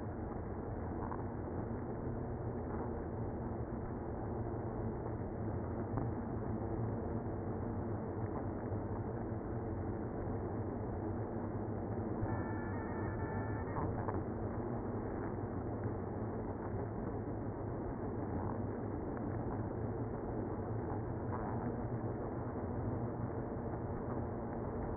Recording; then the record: honeybee colony, microphone inside the hive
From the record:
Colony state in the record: queenless (queen removed); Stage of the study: after two queens were removed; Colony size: about 60,000 bees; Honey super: yes